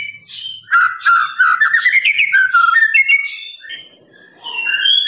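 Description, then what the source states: Lovebird trilling song, a long rapid buzzy trill rising slowly in pitch, then a short pause and a few sharp whistled notes. Long trilling ngekek song of a lovebird, used as a master recording for training birds.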